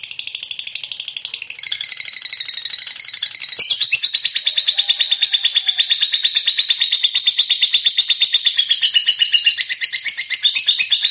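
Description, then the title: Lovebird chattering song, a long rapid buzzy trill of high notes that runs without pause and grows louder partway through. Lovebird described as a fighter type and gacor (actively singing). "Berkat SUARA Lovebird FIGHTER GACOR Ini"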